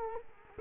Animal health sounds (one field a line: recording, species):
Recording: mosquito wingbeat signal from an infrared sensor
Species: Culex quinquefasciatus